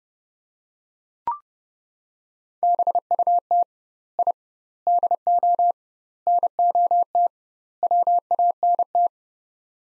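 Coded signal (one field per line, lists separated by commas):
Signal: Morse code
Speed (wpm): 30 wpm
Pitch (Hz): 700 Hz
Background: none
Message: BUT I DO NOT WANT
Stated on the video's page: Morse practice drill, sets of five words at 30 wpm with 2x word spacing, a Farnsworth-like method.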